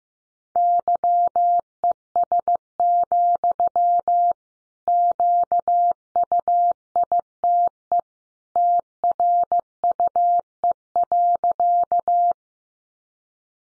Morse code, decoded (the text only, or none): YES, QUITE TRUE.